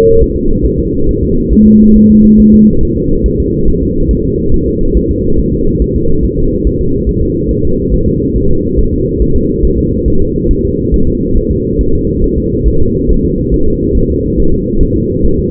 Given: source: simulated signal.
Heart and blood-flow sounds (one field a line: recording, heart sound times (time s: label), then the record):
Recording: fetal heart sounds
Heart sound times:
0.22 s: S1
0.36 s: S2
0.65 s: S1
0.80 s: S2
1.09 s: S1
1.23 s: S2
1.53 s: S1
1.67 s: S2
1.96 s: S1
2.10 s: S2
2.40 s: S1
2.54 s: S2
2.83 s: S1
2.97 s: S2
3.26 s: S1
3.40 s: S2
3.69 s: S1
3.83 s: S2
4.11 s: S1
4.25 s: S2
4.54 s: S1
4.68 s: S2
4.97 s: S1
5.11 s: S2
5.39 s: S1
5.53 s: S2
5.82 s: S1
5.96 s: S2
6.25 s: S1
6.39 s: S2
6.67 s: S1
6.81 s: S2
7.09 s: S1
7.23 s: S2
7.51 s: S1
7.65 s: S2
7.94 s: S1
8.08 s: S2
8.36 s: S1
8.50 s: S2
8.79 s: S1
8.93 s: S2
9.22 s: S1
9.36 s: S2
9.65 s: S1
9.79 s: S2
10.08 s: S1
10.22 s: S2
10.51 s: S1
10.65 s: S2
10.94 s: S1
11.08 s: S2
11.37 s: S1
11.51 s: S2
11.81 s: S1
11.95 s: S2
12.24 s: S1
12.38 s: S2
12.67 s: S1
12.82 s: S2
13.11 s: S1
13.25 s: S2
13.54 s: S1
13.68 s: S2
13.97 s: S1
14.11 s: S2
14.40 s: S1
14.54 s: S2
14.83 s: S1
14.97 s: S2
15.25 s: S1
15.39 s: S2
From the record:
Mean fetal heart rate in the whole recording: 140 bpm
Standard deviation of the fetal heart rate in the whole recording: 2 bpm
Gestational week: 34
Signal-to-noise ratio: -17.7 dB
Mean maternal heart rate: 72 bpm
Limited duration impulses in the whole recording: present